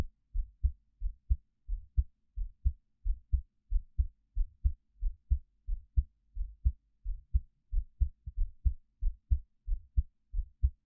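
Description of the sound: A steady run of soft, low lub-dub thumps at about 90 beats a minute from an adult heart, picked up close-up with a 3Dio binaural microphone for ASMR, with no talking or other sound. The rhythm is regular and the two heart sounds in each beat stay distinct. This is an ordinary heartbeat.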